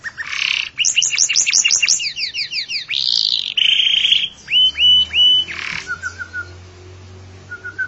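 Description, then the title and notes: Canary singing a varied phrase: a rapid run of repeated downslurred notes, buzzy notes, a few short whistled slurs, then soft short trills at the end. "BM Suara Burung Kenari"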